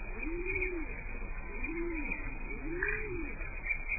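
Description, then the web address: Bird cooing: soft, low arching coos, about three in four seconds, each rising and falling smoothly, over a steady background hiss. "isladesentimientos. Pajaros"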